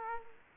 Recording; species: mosquito wingbeat signal from an infrared sensor; Culex quinquefasciatus